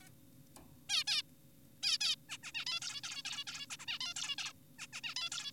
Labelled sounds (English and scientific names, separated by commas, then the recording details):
Zebra Finch (Taeniopygia guttata)
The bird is an adult
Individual g4p5U